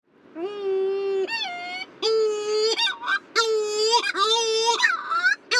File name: Pardela Cenicienta